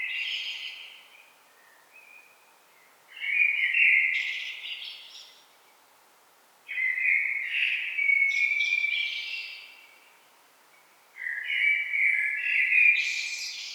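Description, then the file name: Common blackbird song in a series of well-spaced bursts, each a mellow low warble breaking into squeaky high twittering notes. "Turdus merula"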